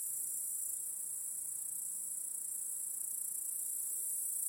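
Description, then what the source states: Soft, steady cricket chorus, a thin high-pitched hiss running throughout. Cricket chorus in a backyard at night.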